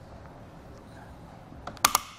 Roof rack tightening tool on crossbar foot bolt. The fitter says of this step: Once you hear those audible clicks, you know it's tight enough.